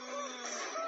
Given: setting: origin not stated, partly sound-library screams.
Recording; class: one-second piece from a danger detection set; woman in danger